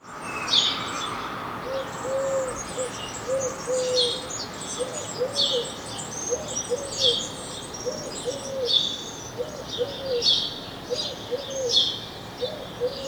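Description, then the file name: House sparrow calls: irregular chirping in short bursts throughout, over a dove's low, repeated cooing and constant background noise. "Passer domesticus"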